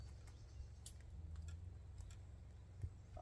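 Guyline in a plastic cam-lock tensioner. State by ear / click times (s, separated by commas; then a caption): seated / 0.9 s. A tarp guyline is pulled through a plastic Nite Ize CamJam cam-lock tensioner to tighten the tarp ridgeline, and it locks into place, with a sharp, bright click at 0.9 s as the cord grips. Fainter ticks follow around 1.5 and 2.1 s over a steady low hum, and the line ends up held tight.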